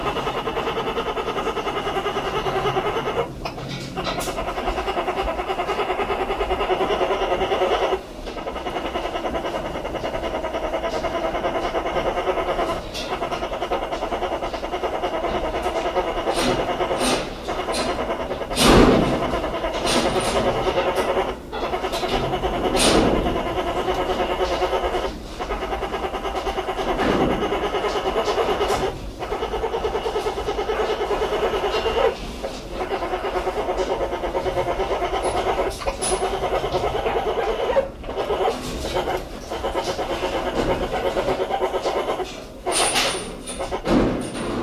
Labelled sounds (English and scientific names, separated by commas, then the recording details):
Sun Bear (Helarctos malayanus) call
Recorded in captivity
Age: juvenile
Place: Tierpark Berlin, Berlin, DE
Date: 1969-02-22
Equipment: Uher 4200 Report Stereo, Sennheiser MD 421, Vorverstärker
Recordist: Tembrock, Günter
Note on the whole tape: Jungtier (geboren am 17.2.1969): Laute bei der Mutter, Einzelheiten nicht beobachtet. Abstand 5 m